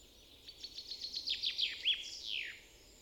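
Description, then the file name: Common chaffinch song: a string of descending notes building to a brief terminal flourish over faint background hiss. "Fringilla coelebs"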